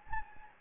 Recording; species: mosquito wingbeat signal from an infrared sensor; Anopheles gambiae